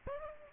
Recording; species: mosquito wingbeat signal from an infrared sensor; Aedes aegypti